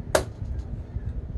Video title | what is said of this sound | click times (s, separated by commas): Lian Li 011 Dynamic Gaming pc build 2019 | just push it in until it snaps | 0.1 s